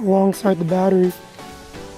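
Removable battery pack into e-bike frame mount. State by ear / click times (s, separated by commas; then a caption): not seated / none. A removable battery pack on a Hiboy EX6 e-bike is handled, about to be slid along the grooves into its frame mount under the seat. Someone talks over a faint hiss, and nothing has seated or clicked yet.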